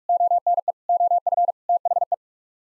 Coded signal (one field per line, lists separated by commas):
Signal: Morse code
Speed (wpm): 46 wpm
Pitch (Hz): 700 Hz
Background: none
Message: ONE OF THE